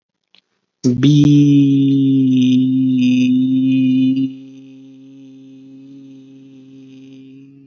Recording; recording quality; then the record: sustained vowel as in beet; excellent, no background noise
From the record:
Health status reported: respiratory illness, not identified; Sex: male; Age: 27 years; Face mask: not worn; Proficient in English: no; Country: India